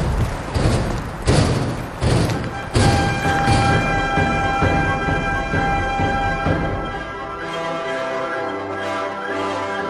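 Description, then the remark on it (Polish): A rhinoceros knocks against the door of its stall after a short walk outside, signaling to be let back in: a series of heavy, booming thuds in the first few seconds, each leaving a lingering metallic ring that slowly fades. “Nosorożec się przewietrzy, pobiega trochę, zaczyna przychodzić do drzwi, jak stukać zaczyna, no to już sygnał, że trzeba go wpuścić.”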